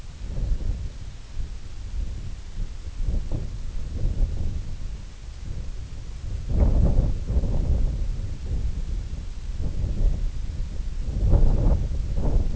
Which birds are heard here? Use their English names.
none